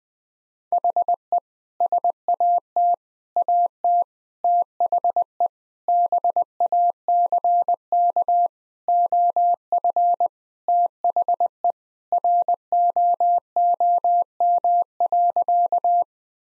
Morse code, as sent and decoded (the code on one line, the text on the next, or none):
.... . / ... .- - / .- - / - .... . / -... .- -.-. -.- / --- ..-. / - .... . / .-. --- --- -- .-.-.-
HE SAT AT THE BACK OF THE ROOM.